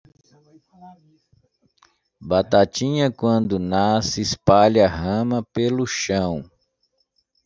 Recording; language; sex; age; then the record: short text; Brazilian Portuguese; male; 50 to 59 years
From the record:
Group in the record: control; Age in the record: 51 years